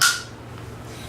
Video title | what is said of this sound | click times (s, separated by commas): The Willow Pump Review | to your flange, and then it just snaps right in. | 0.0 s